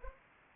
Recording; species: mosquito wingbeat signal from an infrared sensor; Anopheles arabiensis